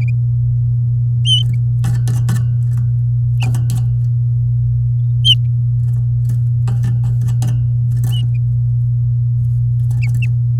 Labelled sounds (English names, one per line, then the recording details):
Domestic Canary song
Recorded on 6 May 2018 at 07:39
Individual llb16